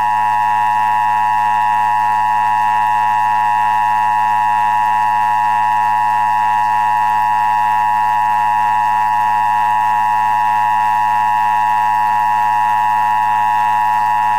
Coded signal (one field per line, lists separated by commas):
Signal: Emergency Alert System (SAME) tones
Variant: 853 and 960 Hz attention tone